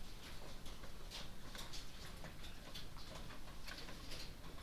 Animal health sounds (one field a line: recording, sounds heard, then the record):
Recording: poultry house recording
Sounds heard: no chicken sound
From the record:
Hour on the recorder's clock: 23